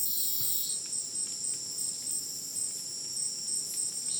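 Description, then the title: Crickets in a thick, unbroken high chorus of overlapping tones. Insect chorus after sunset in dense rainforest, Madidi National Park, Ucumari, Bolivia; very high insect density, likened to polyrhythmic electronic music; AT BP4029 microphone, MixPre 6 recorder. "Madidi National Park, Ucumari, Bolivia - Supersonic Crickets in the rainforest"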